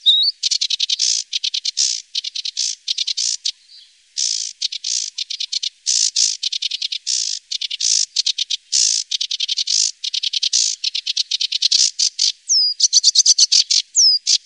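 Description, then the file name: Sedge warbler singing: harsh, scratchy chatter in quick bursts, varied with rasping trills and a few sharp whistled notes toward the end. "Savsangare"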